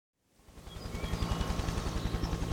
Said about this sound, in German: Der Hubschrauber gehört bestimmt zur Bergwacht. Das ist der Rettungsdienst hier in den Bergen.